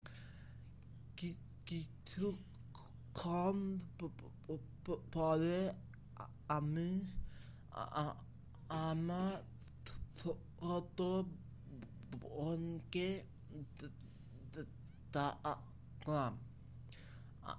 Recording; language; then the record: elicited speech; Bengali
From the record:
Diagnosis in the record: Broca's or global aphasia after a stroke